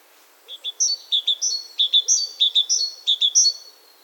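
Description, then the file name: Great tit song with ringing high and lower notes in several rhythmic repeated phrases, over light hiss. "Parus major"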